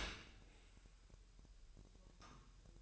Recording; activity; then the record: daily activity, microphone in the room; open dishwasher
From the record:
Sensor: 2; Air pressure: 1000.5 hPa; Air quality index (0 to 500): 246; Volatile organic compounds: 91 ppm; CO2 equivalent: 3689 ppm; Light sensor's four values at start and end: 9/22/9/9 and 9/22/9/9